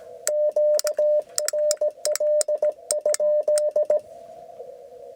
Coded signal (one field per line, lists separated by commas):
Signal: Morse code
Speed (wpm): 17 wpm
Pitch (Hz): 600 Hz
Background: radio noise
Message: Q NL ?